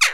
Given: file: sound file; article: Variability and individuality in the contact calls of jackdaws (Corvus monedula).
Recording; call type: jackdaw call; harmonic